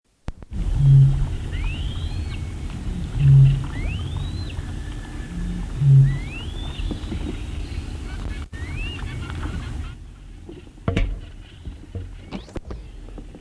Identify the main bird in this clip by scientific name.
Botaurus stellaris